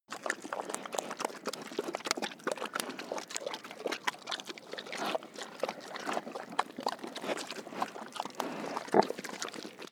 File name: pig eat